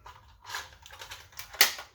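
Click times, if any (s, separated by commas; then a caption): 1.6 s. After its spring is swapped, a plastic plunger tube is refitted into a toy foam dart blaster. A few light plastic taps and scrapes lead up to one sharp, loud click at 1.6 s as the tube locks into place.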